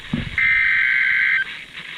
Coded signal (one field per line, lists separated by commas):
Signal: Emergency Alert System (SAME) tones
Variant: header bursts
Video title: A Special Guest! | EAS Alerts From 6/27/20 | EAS# 87.5-91.5